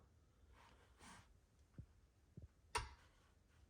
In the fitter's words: that's a click